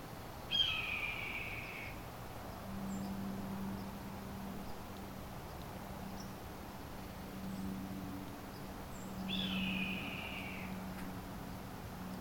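Red-tailed hawk giving two hoarse, descending screams, one at the start and another about nine seconds later, with a steady low hum in the background.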